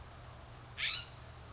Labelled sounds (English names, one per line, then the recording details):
California Scrub-Jay
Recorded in Sonoma County, California